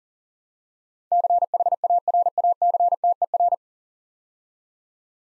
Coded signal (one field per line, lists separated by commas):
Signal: Morse code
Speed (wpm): 38 wpm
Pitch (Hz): 700 Hz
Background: none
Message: CHARACTER